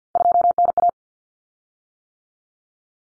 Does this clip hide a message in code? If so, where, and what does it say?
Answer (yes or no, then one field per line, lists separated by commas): yes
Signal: Morse code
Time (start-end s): 0.2-0.9 s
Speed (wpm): 50 wpm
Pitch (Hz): 700 Hz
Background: none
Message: 2NA